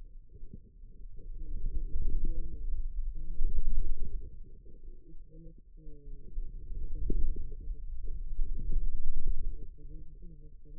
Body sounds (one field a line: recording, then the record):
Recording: forearm muscle sounds (acoustic myography)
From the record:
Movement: wrist extension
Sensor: system 2, bracelet of six BSWA MPA416 microphones around the upper forearm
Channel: 4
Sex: female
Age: 25 years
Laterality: right